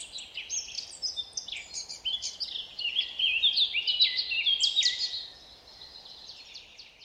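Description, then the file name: Eurasian blackcap song: lively warbling phrase of high chattering notes, then clear whistled slurs, loudest midway, ending in faint twitters. "Sylvia atricapilla"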